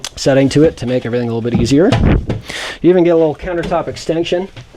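Someone talks while handling the fold-up countertop extension beside the sink in a 2017 Jayco Melbourne 24K RV, raising the leaf toward its support bracket. The extension has not yet locked into place, and nothing has seated or clicked yet.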